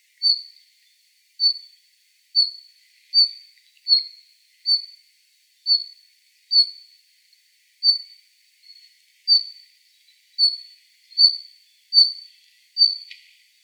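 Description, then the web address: Red-flanked bluetail repeating a brief high note many times, roughly one per second, each sharp and trailing off quickly. Recorded on 16 March 2017. "birdenaga ruribitaki 170316"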